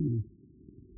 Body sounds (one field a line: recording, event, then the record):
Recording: neck accelerometer signal played as sound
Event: no cough (speech, laughter, throat clearing or background)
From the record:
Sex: male